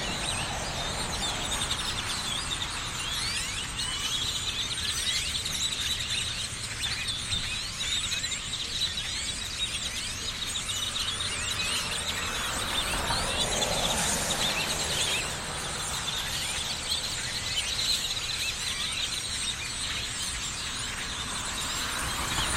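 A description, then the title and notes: A large flock of birds perched on electrical lines keeps up a dense, unbroken chatter of high squeaks and chirps for the whole stretch. A low outdoor rumble sits underneath, and the chorus swells slightly around the middle before settling back. Birds on electrical lines - Binaural field recording, Austin, Texas. I've recorded this track while cycling through the USA.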